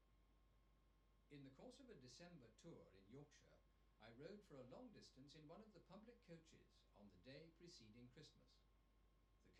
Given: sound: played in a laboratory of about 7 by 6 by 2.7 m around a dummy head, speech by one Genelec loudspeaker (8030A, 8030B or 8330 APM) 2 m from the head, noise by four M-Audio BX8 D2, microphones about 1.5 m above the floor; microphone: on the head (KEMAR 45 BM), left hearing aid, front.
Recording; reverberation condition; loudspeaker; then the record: male speech in English; low; 30 degrees to the right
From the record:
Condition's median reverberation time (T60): about 310 ms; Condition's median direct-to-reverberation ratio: about 3.5 dB